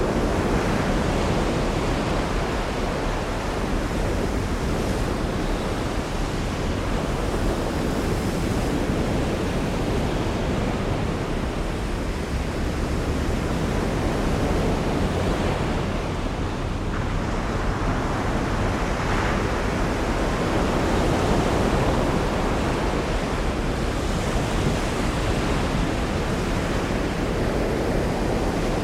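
Powerful storm waves roar continuously along the coast, a dense, steady wash of surf with no pauses. The sound is heavy and full, strongest in the low rumble, with slow swells rising and easing every few seconds. Wind buffets the microphone underneath.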